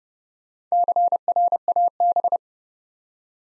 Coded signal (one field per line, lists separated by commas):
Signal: Morse code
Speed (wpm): 30 wpm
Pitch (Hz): 700 Hz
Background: none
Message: CRAB